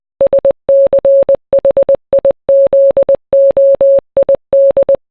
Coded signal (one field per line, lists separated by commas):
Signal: Morse code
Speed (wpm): 20 wpm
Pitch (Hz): 550 Hz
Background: none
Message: SCHIZOID